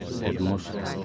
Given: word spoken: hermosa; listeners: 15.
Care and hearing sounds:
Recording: one Spanish word in noise, from a listening test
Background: eight-talker babble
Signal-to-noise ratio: 0.4 dB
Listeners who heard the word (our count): 0 of 15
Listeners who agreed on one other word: 10 of 15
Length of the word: 0.65 s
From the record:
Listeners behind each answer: 10, 2, 1, 1, 1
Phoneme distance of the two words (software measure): 10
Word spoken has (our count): 3 syllables, 6 phonemes, stress on syllable 2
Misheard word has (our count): 3 syllables, 6 phonemes, stress on syllable 2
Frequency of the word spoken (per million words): 25.18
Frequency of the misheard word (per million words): 22.75

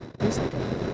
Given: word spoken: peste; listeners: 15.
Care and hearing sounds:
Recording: one Spanish word in noise, from a listening test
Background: noise modulated by three-talker babble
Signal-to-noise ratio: -5.4 dB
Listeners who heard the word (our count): 0 of 15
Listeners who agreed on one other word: 7 of 15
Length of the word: 0.54 s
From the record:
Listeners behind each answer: 7, 4, 1, 1, 1, 1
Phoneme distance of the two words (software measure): 7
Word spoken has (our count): 2 syllables, 5 phonemes, stress on syllable 1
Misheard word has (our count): 2 syllables, 4 phonemes, stress on syllable 1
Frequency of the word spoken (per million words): 8.05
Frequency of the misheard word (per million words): 1871.16

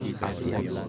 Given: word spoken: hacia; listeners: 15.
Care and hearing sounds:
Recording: one Spanish word in noise, from a listening test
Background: eight-talker babble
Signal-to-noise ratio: -3.1 dB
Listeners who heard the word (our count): 0 of 15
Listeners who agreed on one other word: 6 of 15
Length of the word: 0.49 s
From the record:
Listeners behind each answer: 6, 3, 1, 1, 1, 1, 1, 1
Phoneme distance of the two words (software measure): 34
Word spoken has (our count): 2 syllables, 4 phonemes, stress on syllable 1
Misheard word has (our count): 2 syllables, 4 phonemes, stress on syllable 1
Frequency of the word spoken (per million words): 557.96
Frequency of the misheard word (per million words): 23.17

